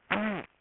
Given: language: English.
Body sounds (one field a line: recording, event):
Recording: throat vibration sensor signal played as sound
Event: throat clearing